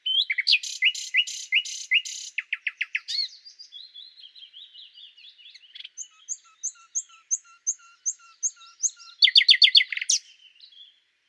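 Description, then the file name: Common nightingale song opening with loud churring repeated notes, then a slow steady series of thin piping whistles, ending in a sudden rapid burst of loud notes. "Luscinia megarhynchos"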